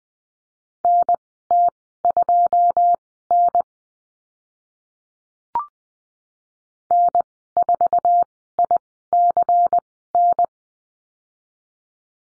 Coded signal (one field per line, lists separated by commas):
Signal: Morse code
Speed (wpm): 20 wpm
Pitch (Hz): 700 Hz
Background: none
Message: NT2N N4ICN